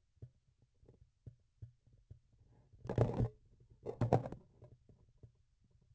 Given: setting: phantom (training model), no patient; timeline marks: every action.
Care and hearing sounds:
laparoscopic instrument, vibration sensor on the handle end; grasping forceps
2.67-3.40 s: forceps opening
3.78-4.48 s: forceps closing
From the record:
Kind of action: tool actuation without material contact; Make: other than Olympus

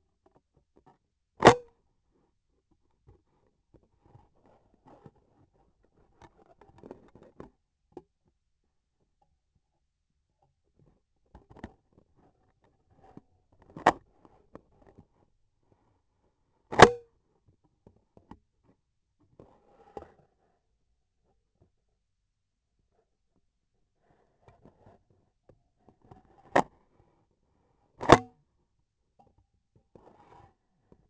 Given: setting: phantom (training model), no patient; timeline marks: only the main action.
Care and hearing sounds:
laparoscopic instrument, vibration sensor on the handle end; scissors
1.26-1.89 s: cutting thread
16.63-17.16 s: cutting thread
27.92-28.47 s: cutting thread
From the record:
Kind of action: gesture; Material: cotton thread

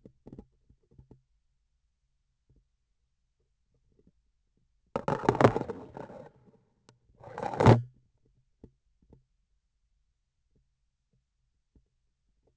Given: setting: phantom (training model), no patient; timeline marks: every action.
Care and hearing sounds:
laparoscopic instrument, vibration sensor on the handle end; grasping forceps
4.91-6.29 s: insertion through the trocar
7.08-7.92 s: removal through the trocar
From the record:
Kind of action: spatial motion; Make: other than Olympus

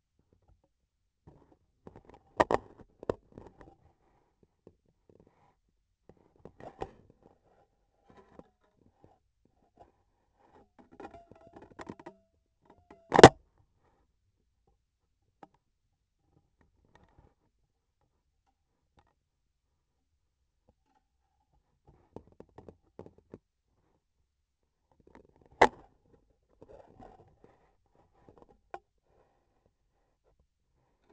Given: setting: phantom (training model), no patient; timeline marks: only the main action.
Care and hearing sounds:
laparoscopic instrument, vibration sensor on the handle end; scissors
13.03-13.44 s: cutting thread
From the record:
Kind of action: gesture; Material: cotton thread

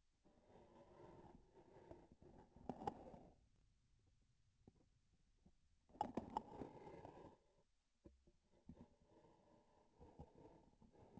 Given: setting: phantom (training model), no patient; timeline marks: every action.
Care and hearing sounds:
laparoscopic instrument, vibration sensor on the handle end; grasping forceps
2.59-3.47 s: grasping tissue
5.79-6.57 s: releasing tissue
From the record:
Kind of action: gesture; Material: synthetic tissue

